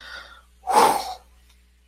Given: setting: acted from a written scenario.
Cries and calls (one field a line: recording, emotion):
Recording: vocal sound without words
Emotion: relief